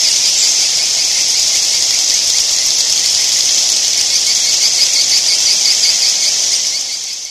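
Edible-nest swiftlet calls: a constant high, buzzy chatter of many rapid notes, with a run of quick repeated chirps near the end before the sound fades slightly.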